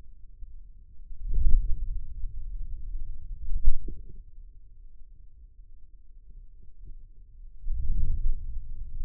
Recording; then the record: forearm muscle sounds (acoustic myography)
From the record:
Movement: wrist flexion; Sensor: system 2, bracelet of six BSWA MPA416 microphones around the upper forearm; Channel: 4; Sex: male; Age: 22 years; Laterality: right